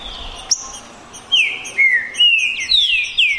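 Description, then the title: Green-winged saltator song of rich, descending whistled notes, five or six in quick sequence, with a brief sharp click near the start. Birds in a song contest, 2022 season, singing and showing male competitive behaviour; contestants named Naval and Demolidor. "DISPUTA DE TRINCA FERRO PERFEITA!! NAVAL VS DEMOLIDOR 2022! TEMPORADA 2022!"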